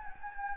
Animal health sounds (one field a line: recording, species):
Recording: mosquito wingbeat signal from an infrared sensor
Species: Anopheles gambiae